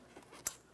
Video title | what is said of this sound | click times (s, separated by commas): How to Replace Spark Plugs 2015-2025 Ford Transit 250 3.7L V6 | Listen for an audible click, a light tug to confirm it's secured, lock it down. | 0.5 s